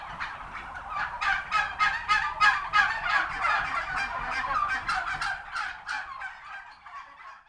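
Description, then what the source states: Turkey gobbling in quick succession, rattling bursts repeated a few times a second, fading toward the end. Recorded at a turkey farm.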